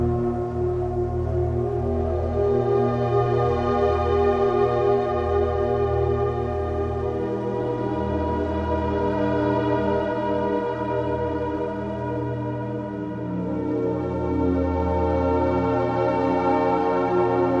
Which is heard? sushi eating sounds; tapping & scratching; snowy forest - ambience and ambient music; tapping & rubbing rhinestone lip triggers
snowy forest - ambience and ambient music